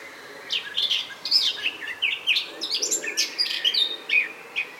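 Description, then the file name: Eurasian blackcap song: a rapid, varied warble of chattering and squeaky high notes running almost continuously for about four seconds, with brief pauses near the end. "Sylvia atricapilla"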